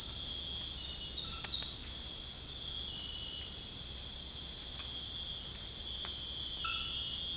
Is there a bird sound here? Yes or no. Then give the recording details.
no. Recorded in dense forest near Puerto Asís, Putumayo, Colombia, on 19 February 2024 at 02:30. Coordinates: 0.485, -76.325. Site G6429